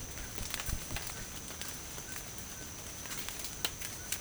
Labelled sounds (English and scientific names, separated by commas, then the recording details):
White-throated Toucan (Ramphastos tucanus)
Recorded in dense forest near Puerto Asís, Putumayo, Colombia, on 29 June 2025 at 14:00
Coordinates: 0.503, -76.323
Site G059